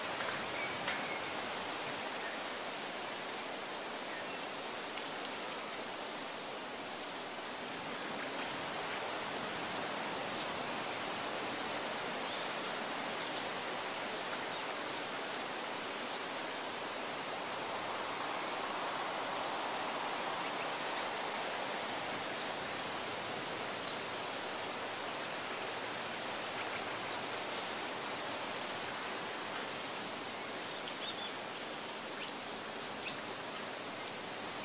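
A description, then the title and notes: Forest ambience made of a dense, steady hiss, like rushing water or wind through leaves, holding an even level throughout. A faint high whine runs along the top, and a slightly fuller swell passes around the twenty-second mark. No distinct calls stand out. Forest ambience.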